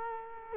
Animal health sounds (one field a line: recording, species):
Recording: mosquito wingbeat signal from an infrared sensor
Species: Culex quinquefasciatus